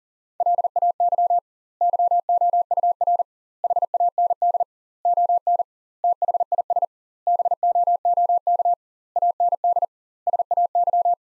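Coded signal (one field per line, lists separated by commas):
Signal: Morse code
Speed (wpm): 40 wpm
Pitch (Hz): 700 Hz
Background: none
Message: LAY YOUR HAND ON THIS BOOK AND SAY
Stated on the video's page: Morse practice sentences from the top 400 words at 40 wpm with twice the standard word spacing, a Farnsworth-like method applied to words.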